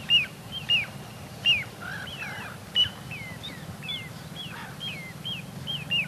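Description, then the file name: Little ringed plover calling with thin falling whistles at uneven intervals, some louder and some soft, over low background noise. "Corriere Piccolo"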